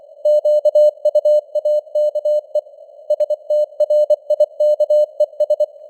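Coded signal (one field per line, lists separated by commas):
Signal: Morse code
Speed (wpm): 24 wpm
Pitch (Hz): 600 Hz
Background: none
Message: QUAKE STRIKES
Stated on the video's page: News headlines in Morse at 24 wpm with simulated radio noise and varying signal strength (QSB).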